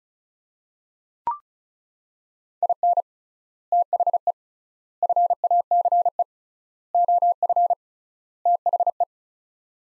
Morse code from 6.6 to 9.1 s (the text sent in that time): OF THE